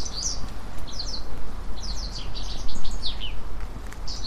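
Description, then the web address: Japanese wagtail song, a lively run of high, scratchy, downslurred chirps delivered almost continuously, with loud low rushing noise underneath. Recorded at Fushimi River on 10 June 2017. "saezuri segurosekirei 20170610 fushimigawa"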